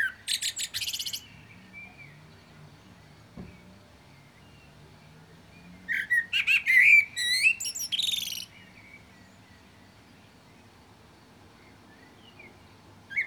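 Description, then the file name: Common blackbird singing: a brief harsh burst opens, then after a long pause a warbled, fluty phrase ends in scratchy high twitters. "Turdus merula"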